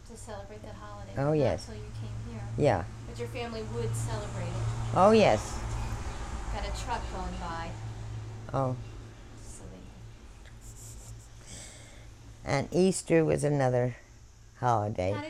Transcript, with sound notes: To celebrate that holiday until you came here.
Oh yes.
But your family would celebrate it.
Oh, yes. (a truck can be heard driving by on the tape)
We had a truck going by.
Oh. And Easter was another holiday.